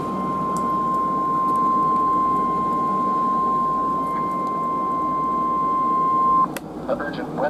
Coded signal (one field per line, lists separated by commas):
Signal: Emergency Alert System (SAME) tones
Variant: 1050 Hz attention tone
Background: speech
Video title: Two In One Combo - EAS Alerts From 6/14/2022 & 6/16/2022 (EAS #35-46)